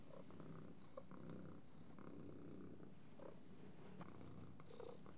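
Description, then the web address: Cat purring in a low, even rumble, steady from start to end with a few soft clicks. "кошки"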